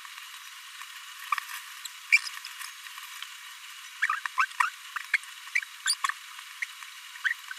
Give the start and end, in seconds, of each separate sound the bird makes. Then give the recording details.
1.32-1.34, 4.02-4.07, 4.38-4.46, 4.62-4.69, 5.13-5.17, 5.55-5.59, 6.62-6.64, 7.24-7.28. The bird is a male. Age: 26 days. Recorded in a nest box in Venezuela. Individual 17B42A3